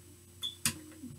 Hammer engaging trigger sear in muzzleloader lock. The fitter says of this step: down your trigger you'll hear it click and then